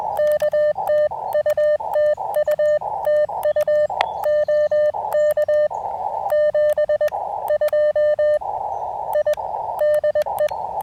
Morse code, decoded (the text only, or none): K TU TU TU OK 72 I DE